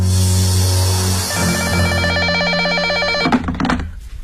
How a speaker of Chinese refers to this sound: 苗振一行离开云县的当晚11点多，那个神秘的电话铃声又在张家港河池村翁秋平的房间里响了起来。